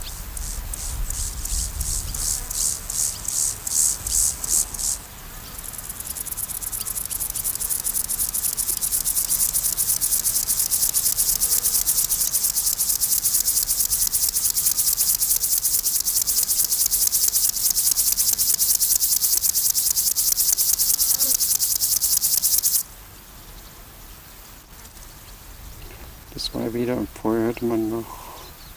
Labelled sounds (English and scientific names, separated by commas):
Lesser Field Grasshopper (Chorthippus mollis) stridulation